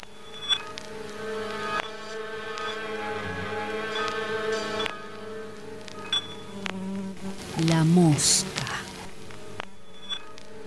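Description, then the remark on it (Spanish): A housefly buzzes in a steady, droning whine that wavers in pitch, swelling louder with a quick rising and falling flutter toward the end before settling back. “Pequeña mosca, tus juegos veraniegos, mi atolondrada mano se ha llevado.”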